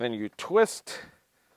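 A plastic hose adapter is being handled at the inlet port of a Ryobi shop vacuum, set in with its guide and about to be twisted to lock. Someone talks throughout, and nothing has seated or clicked yet.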